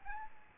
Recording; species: mosquito wingbeat signal from an infrared sensor; Aedes albopictus